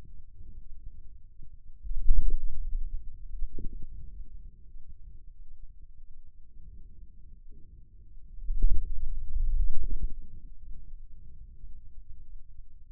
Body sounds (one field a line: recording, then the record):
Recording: forearm muscle sounds (acoustic myography)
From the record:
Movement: hand closing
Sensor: system 2, bracelet of six BSWA MPA416 microphones around the upper forearm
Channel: 2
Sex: male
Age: 22 years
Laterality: right